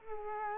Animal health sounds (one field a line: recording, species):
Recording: mosquito wingbeat signal from an infrared sensor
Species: Culex quinquefasciatus